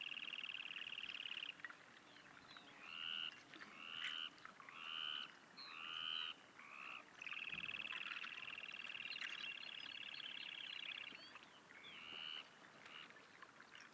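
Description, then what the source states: Bird calling: a string of clear, slurred whistled notes, some long and held and some short, over about a dozen seconds, with background hiss. Flight calls and song, recorded 23 June 2016.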